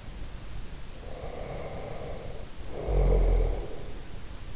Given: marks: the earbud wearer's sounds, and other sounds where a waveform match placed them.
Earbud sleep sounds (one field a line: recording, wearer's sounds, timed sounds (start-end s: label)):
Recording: sounds in sleep by an in-ear microphone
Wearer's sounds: snoring breath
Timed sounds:
0.87-4.07 s: snoring breath